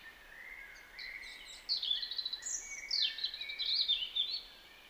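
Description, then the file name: European robin song: a soft opening note, then a bright cascade of high, jumbled whistles and thin trills that rise and fall quickly. "Erithacus rubecula"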